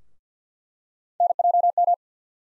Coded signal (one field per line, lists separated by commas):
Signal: Morse code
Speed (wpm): 50 wpm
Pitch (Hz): 700 Hz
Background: none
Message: NJM